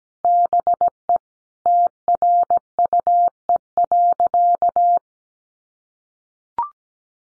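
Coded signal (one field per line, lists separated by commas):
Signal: Morse code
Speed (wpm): 17 wpm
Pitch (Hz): 700 Hz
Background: none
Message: BE TRUE.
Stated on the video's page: Head-copy drill of sentences from the top 400 words at 17wpm, each sent in Morse, spoken, then sent again.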